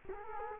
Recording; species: mosquito wingbeat signal from an infrared sensor; Culex quinquefasciatus